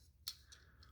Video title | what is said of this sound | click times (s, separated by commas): Review for Transformers One Prime Changers Optimus Prime (deluxe) | we're going to fold it back okay and then there's two clicks okay | 0.3 s, 0.5 s